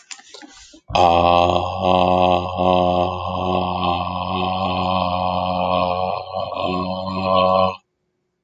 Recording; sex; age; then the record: vowel held as long as possible; male; 50 to 59 years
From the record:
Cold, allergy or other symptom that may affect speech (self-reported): no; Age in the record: 55 years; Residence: Florida, United States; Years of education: 14